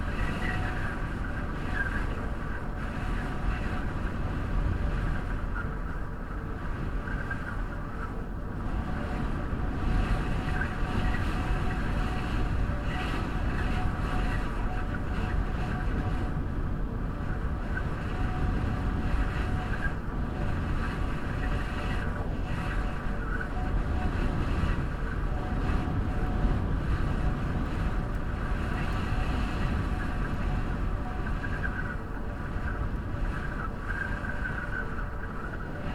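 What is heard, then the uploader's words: Wind blows steadily with a dense, low roar and faint thin whistling tones above it, holding an even level throughout without pause. Whistling wind, Reykjavík, Iceland.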